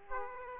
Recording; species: mosquito wingbeat signal from an infrared sensor; Aedes aegypti